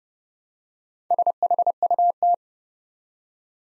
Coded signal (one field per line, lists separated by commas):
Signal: Morse code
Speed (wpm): 30 wpm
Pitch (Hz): 700 Hz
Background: none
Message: SHUT